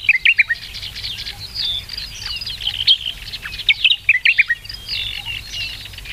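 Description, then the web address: Sakhalin grasshopper warbler song: loud, clipped descending notes in quick bursts, repeated after a few seconds over a dense chorus of high chirping birds. "sikioto. ezosenyo"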